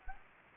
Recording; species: mosquito wingbeat signal from an infrared sensor; Anopheles gambiae